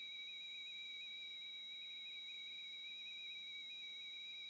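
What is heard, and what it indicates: A steady, high-pitched whistling tone holds throughout with a slight wavering pitch over soft hiss. It is a simulation of constant tinnitus, a ringing that is always there rather than coming and going at different times of the day.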